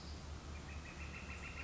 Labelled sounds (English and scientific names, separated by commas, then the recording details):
Northern Flicker (Colaptes auratus)
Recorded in Sonoma County, California